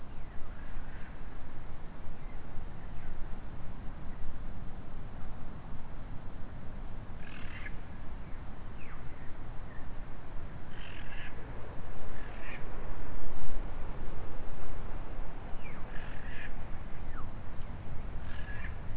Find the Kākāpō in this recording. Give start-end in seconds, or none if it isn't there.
none